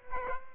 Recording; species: mosquito wingbeat signal from an infrared sensor; Aedes albopictus